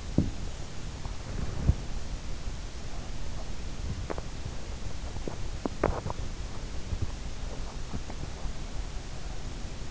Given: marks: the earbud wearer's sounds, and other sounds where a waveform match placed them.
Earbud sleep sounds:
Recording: sounds in sleep by an in-ear microphone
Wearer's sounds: body movement, teeth grinding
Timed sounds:
0.00-1.89 s: body movement
4.00-6.24 s: teeth grinding

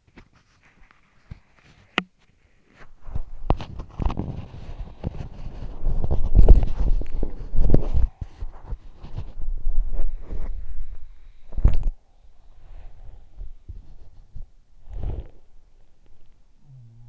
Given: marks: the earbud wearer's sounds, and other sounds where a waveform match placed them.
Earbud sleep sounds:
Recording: sounds in sleep by an in-ear microphone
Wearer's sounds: body movement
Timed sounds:
0.00-17.09 s: body movement
3.76-5.71 s: sound from someone else or the room
7.52-9.61 s: sound from someone else or the room
15.88-17.09 s: sound from someone else or the room

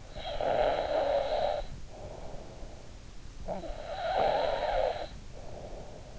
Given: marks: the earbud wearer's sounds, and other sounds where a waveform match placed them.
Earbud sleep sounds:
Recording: sounds in sleep by an in-ear microphone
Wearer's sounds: snoring breath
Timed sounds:
0.04-2.82 s: snoring breath
3.30-6.19 s: snoring breath

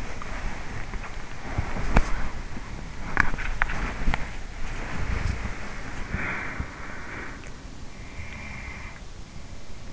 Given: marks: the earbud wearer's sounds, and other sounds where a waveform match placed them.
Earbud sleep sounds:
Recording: sounds in sleep by an in-ear microphone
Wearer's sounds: body movement, swallowing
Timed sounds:
0.00-7.43 s: body movement
7.90-9.68 s: swallowing

